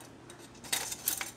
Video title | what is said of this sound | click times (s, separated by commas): Why buy a UCO candle lantern? | Put the housing together. Turn it till it clicks and you're done with that one. | 1.1 s